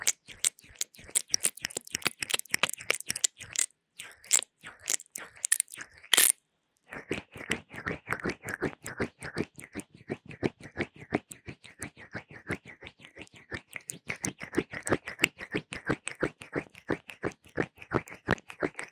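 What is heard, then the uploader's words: A fast, intense ear massage with gel: rapid, wet squelching and crackling taps packed tightly together, several per second. A brief pause comes near four seconds and a full silence around six to seven, after which the dense slippery rubbing resumes steadily. 蘆薈凝膠極速耳朵按摩 | Fast Intense Ear massage | NO Talking.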